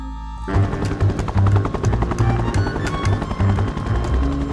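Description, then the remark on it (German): A helicopter flies steadily overhead through dense snowfall, carrying a passenger to the Grande Chartreuse monastery near Grenoble; its rotor thumps in a fast, low, continuous beat with a dense mechanical rumble underneath; no voices are heard. “Mit einem Hubschrauber wurde Laviolette trotz dichten Schneetreibens in das Kloster Grande Chartreuse in der Nähe von Grenoble gebracht.”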